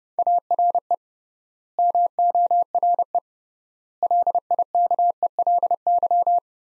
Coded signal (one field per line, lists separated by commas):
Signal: Morse code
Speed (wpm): 30 wpm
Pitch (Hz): 700 Hz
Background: none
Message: ARE MORE LIKELY